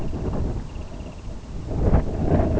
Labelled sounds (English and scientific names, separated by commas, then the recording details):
Semipalmated Sandpiper (Calidris pusilla)
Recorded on Arctic tundra, site IGLO-B, on 27 June 2018
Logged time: 03:59